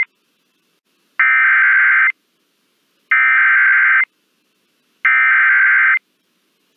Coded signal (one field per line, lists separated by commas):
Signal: Emergency Alert System (SAME) tones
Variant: header bursts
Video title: 20 Minutes of Emergency Alert System Activations NOAA Weather Radio